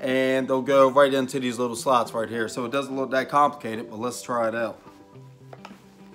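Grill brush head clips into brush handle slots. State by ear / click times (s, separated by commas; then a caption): not seated / none. Someone talks over background music while holding a Grill Rescue grill brush, getting ready to push the replaceable brush head's corner clips into the slots on the handle. Near the end the music fades, and a couple of faint light ticks are heard. Nothing has seated or clicked yet.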